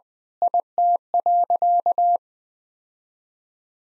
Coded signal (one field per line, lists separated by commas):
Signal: Morse code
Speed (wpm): 21 wpm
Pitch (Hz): 700 Hz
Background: none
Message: IT.